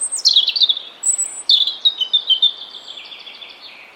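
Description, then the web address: European robin song: a high note sliding down into quick tumbling trills, a brief thin whistle, then a long warbling run of liquid notes. "Deverinetal 2025 File origin Bird Only Er Ru"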